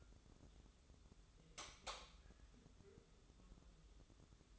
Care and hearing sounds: daily activity, microphone in the room; light on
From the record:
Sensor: 3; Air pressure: 995.4 hPa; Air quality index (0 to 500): 82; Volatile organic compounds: 7 ppm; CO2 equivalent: 1973 ppm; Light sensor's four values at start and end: 9/20/8/8 and 11/27/11/10

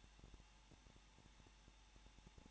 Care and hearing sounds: daily activity, microphone in the room; no activity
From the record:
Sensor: 1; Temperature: 20.1 degrees Celsius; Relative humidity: 39.3%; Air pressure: 1006.4 hPa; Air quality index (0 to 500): 218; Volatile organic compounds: 80 ppm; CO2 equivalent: 3606 ppm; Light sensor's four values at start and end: 1/2/1/1 and 1/2/1/1

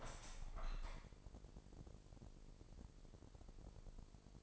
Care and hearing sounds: daily activity, microphone in the room; open window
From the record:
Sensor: 5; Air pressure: 1000.0 hPa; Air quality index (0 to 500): 248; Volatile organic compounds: 34 ppm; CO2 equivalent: 3046 ppm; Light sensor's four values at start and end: 34/80/32/30 and 34/80/32/30

